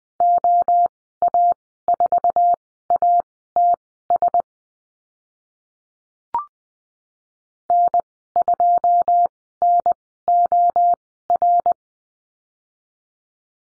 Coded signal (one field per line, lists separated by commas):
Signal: Morse code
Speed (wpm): 20 wpm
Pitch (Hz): 700 Hz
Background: none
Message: OA4ATS N2NOR